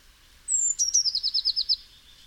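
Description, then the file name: Eurasian blue tit giving one phrase: a high thin whistle, then a fast trill of about ten notes. "Cyanistes caeruleus"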